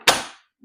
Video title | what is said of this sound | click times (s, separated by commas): Assembly, install and review of the all NEW! Ryobi stowaway workbench! | you know, it's a now that now that it's working, boom, locked into place, | 0.1 s